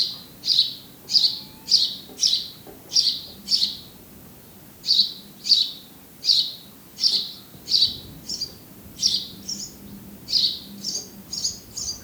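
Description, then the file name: House sparrow chirping, a steady run of short bright chirps about twice a second, briefly pausing midway, then continuing with some doubled notes near the end. "Passer domesticus"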